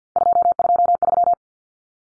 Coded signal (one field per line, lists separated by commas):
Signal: Morse code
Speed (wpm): 50 wpm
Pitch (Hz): 700 Hz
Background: none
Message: 223